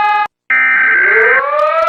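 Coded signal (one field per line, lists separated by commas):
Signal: Emergency Alert System (SAME) tones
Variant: header bursts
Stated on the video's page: Mock alert, not a real activation.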